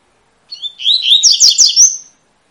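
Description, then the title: Double-collared seedeater singing a compact phrase of rapid warbled whistles, opening with a thin chip and closing on a clear, sustained high note. Tui-tui song type, with fiber; a teacher song used to train young birds. "COLEIRO TUI TUI FIBRA CANTO PROFESSOR"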